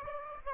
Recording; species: mosquito wingbeat signal from an infrared sensor; Aedes aegypti